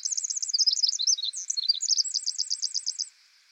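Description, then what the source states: Pacific wren song, a rapid tumbling stream of high tinkling notes and trills lasting about three seconds, ending in an even run of repeated chips. Very loud, lively bird that sings almost constantly in forest.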